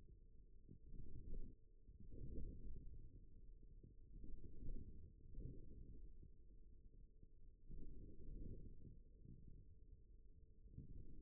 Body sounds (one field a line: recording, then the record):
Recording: forearm muscle sounds (acoustic myography)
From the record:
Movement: forearm supination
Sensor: system 1, eight BSWA MPA416 microphones around the upper forearm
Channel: 3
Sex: male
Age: 41 years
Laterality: right